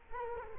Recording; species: mosquito wingbeat signal from an infrared sensor; Culex quinquefasciatus